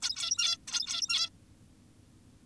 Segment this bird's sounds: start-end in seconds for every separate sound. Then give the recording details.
0.02-0.57, 0.68-1.29. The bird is an adult. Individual g17y2U